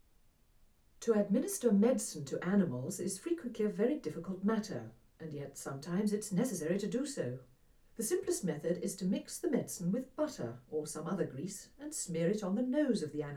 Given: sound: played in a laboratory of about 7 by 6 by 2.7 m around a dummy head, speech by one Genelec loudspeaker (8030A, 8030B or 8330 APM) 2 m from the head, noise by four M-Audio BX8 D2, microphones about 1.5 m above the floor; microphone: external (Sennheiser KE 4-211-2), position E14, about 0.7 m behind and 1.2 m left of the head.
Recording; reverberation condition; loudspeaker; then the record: female speech in English; low; in front (0 degrees)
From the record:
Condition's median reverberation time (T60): about 310 ms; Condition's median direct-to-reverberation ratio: about 3.5 dB